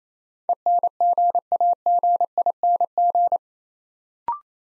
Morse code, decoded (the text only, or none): ENGAGING